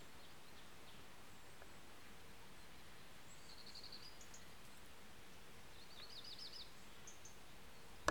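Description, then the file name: Birds uttering a short buzzy note and later a rapid wavering trill, with steady traffic hum below and a sharp knock at the end. Several birds in a garden with traffic, 13 September 2016. "160913-voegel garten verkehr"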